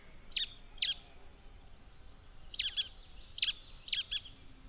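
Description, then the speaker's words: Brown-headed nuthatch calls: squeaky high notes, some doubled, at irregular intervals over a steady high insect drone. Pinewood species, calling in a pine stand in the Apalachicola area, in the early morning. "And then another pinewood species chimes in, a brown-headed nuthatch."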